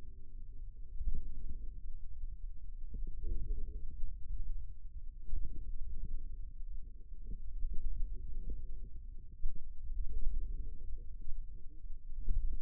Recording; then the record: forearm muscle sounds (acoustic myography)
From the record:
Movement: wrist extension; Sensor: system 2, bracelet of six BSWA MPA416 microphones around the upper forearm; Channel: 2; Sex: male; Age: 22 years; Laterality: right